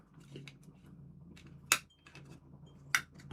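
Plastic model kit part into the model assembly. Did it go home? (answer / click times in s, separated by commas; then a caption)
yes / 1.7 s, 2.9 s. A plastic scale-model kit part is pressed into its mating part during assembly of the model. Over a low steady hum and faint handling rustles, two sharp clicks ring out at 1.7 s and 3.0 s. The part clicks into place and is seated.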